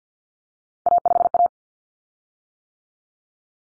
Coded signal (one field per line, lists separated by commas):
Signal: Morse code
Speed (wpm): 50 wpm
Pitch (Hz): 700 Hz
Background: none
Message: A5A